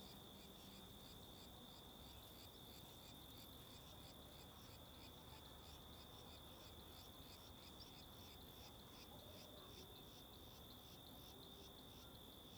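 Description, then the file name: Crickets calling: evenly spaced pulsed chirps in quick rhythm above a steady high trill, while wind rushes low and constant. Several crickets at Mirante da Antena, Alto Paraíso, with wind. "Ambiencia no Mirante da Antena de Alto Paraiso com Varios Grilos e Vento"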